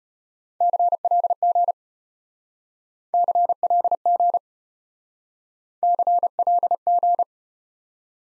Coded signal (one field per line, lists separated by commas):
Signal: Morse code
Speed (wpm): 36 wpm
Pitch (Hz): 700 Hz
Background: none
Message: CLG CLG CLG